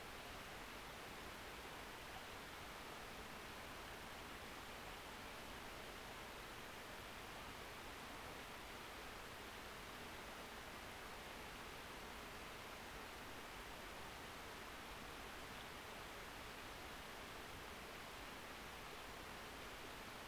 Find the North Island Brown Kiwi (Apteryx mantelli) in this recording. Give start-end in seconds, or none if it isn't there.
none